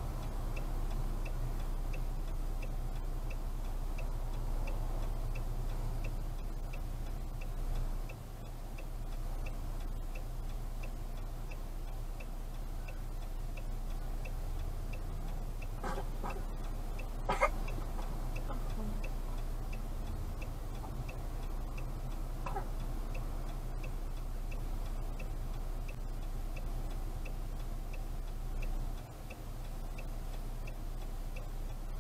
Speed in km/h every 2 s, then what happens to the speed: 5, 5, 5, 5, 5, 5, 5, 5, 5, 5, 5, 5, 5, 5, 5, 5.
0-32 steady at about 5.